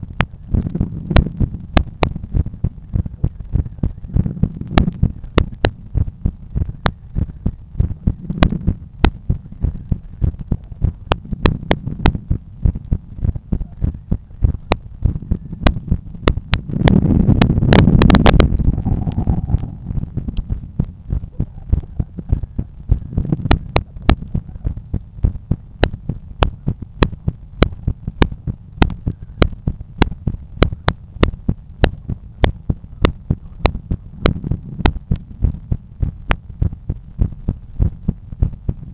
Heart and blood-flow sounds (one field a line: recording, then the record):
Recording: heart sounds by stethoscope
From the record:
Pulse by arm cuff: 96 bpm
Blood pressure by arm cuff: 148/90 mmHg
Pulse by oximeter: 103 bpm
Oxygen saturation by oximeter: 95%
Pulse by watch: 97 bpm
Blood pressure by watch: 131/85 mmHg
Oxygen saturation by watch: 95%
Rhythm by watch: sinus rhythm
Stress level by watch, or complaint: medium stress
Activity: after 1 min smoking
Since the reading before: plus 100 steps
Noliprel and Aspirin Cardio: no pills today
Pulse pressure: 58 mmHg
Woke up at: 7:30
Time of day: 16:24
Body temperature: 36.3 C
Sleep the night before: 9 h 22 min, score 68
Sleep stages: REM 22%, light 66%, deep 4%, awake 8%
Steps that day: 11800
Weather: sunny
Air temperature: 19.4 C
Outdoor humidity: 73%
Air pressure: 1015 hPa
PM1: 3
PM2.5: 5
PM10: 7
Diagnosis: hypertension, treated with Noliprel and Aspirin Cardio 100 mg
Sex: male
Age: 53 years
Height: 174 cm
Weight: 81 kg